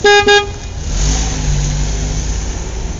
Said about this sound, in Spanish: Para colmo de males, otra vez hay mucho tránsito.